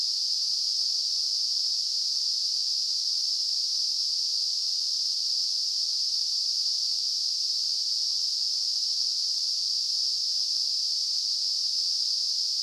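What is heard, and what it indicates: Simulated tinnitus: a steady, unchanging high-pitched hiss, a narrow band of noise centred around 5 kHz, with no low-frequency content, continuing without a break throughout.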